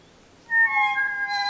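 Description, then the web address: Kokako giving one long, rich, organ-like tone that starts abruptly and holds steady, with strong harmonics. "sound kōkako. صدای-پرنده-کوکاکو"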